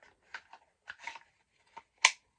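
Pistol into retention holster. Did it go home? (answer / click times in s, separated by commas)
yes / 2.0 s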